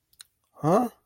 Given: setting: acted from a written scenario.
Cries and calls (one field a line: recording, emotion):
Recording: vocal sound without words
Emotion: confusion